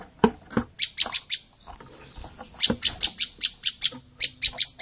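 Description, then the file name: Olive-backed tailorbird song with rapid high chipping notes in steady series; a few lower knocks at the start. "suara-burung-prenjak-lumut -omkicau"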